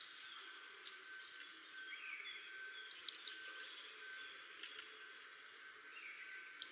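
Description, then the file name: Marsh tit calls, a sharp double note dropping from high pitch near the middle, another starting at the very end, over faint background notes. "Poecile palustris"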